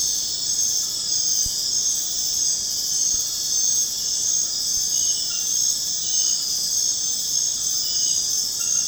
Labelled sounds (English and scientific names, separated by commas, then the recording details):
none
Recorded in secondary vegetation near Puerto Asís, Putumayo, Colombia, on 25 June 2025 at 20:00
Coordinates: 0.484, -76.319
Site G074